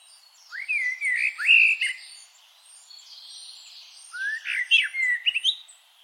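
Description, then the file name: Common blackbird song in two phrases of fluted whistles and thin squeaky twitters, separated by a pause. "Turdus merula"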